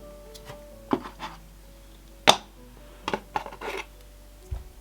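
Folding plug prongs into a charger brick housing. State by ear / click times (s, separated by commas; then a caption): seated / 2.3 s. The fold-out 3 prongs of a UK charging brick for an 11-inch 2021 iPad Pro with M1 chip are snapped into position in the charger housing. Soft handling taps and rustles come before and after a sharp, bright snap at 2.3 s. The prongs are seated in place.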